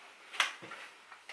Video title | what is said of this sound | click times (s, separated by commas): GB Pockit Plus Unboxing, Demo & First Impressions - K's Mum | until you hear a click | 0.4 s